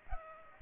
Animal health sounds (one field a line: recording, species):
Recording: mosquito wingbeat signal from an infrared sensor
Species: Culex pipiens